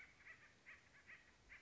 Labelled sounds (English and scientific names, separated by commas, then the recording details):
Acorn Woodpecker (Melanerpes formicivorus)
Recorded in Sonoma County, California